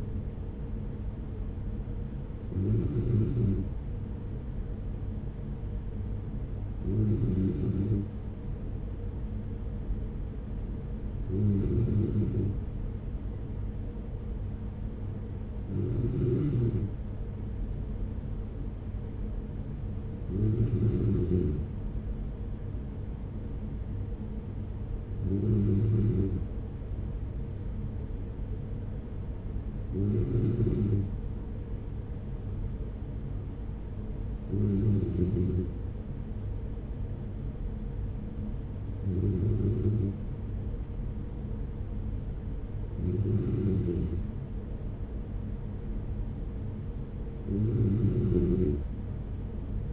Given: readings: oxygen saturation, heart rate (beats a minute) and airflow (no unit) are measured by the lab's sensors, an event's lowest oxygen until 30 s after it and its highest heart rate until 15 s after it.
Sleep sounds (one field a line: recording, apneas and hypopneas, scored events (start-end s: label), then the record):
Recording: breathing in sleep by a smartphone at the bedside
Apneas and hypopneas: none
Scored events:
none scored
From the record:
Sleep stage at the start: N3 (deep sleep)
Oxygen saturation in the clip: 94%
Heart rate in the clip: 44 to 46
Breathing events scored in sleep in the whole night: 210 in 6.9 hours asleep